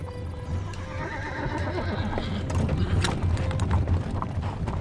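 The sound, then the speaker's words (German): In a radio drama, Goethe's horse-drawn carriage, travelling from Jena toward Pößneck on the way to Karlsbad in August 1819, rolls along with steady clip-clopping hooves and creaking, rattling wheel mechanics, while a horse whinnies in a rising, wavering neigh partway through. “Bereits 6 Stunden sitzt Goethe in seinem Wagen nach Karlsbad.”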